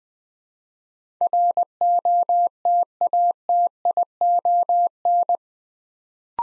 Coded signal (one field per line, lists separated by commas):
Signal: Morse code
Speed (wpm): 20 wpm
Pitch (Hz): 700 Hz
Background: none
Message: ROTATION